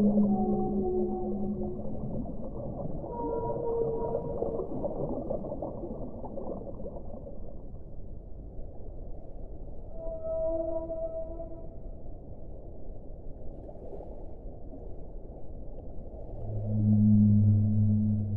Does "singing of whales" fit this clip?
yes